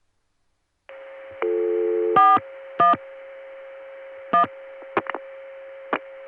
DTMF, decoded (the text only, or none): 41 1